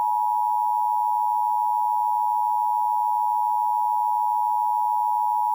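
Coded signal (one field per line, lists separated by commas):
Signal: Emergency Alert System (SAME) tones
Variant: 853 and 960 Hz attention tone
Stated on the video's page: Fictional zombie plague EAS scenario, some alerts styled after mid-2010s ones.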